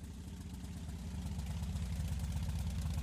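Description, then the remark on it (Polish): A motorcycle in very good condition, which started at one touch, idles steadily, its low, rapid pulsing chug holding an even rhythm with a light mechanical clatter on top, loud and continuous with no voices. “Od jednego dotknięcia natychmiast pali, gaśnie mu kontrola ciśnienia oleju i znaczy, że jest w bardzo dobrym stanie. Pięknie chodzi.”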